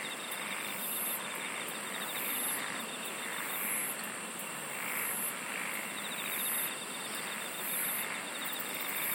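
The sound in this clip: Insect song as a layered chorus: evenly spaced high buzzy pulses, a steady shrill drone and softer rhythmic chirring in the mid range.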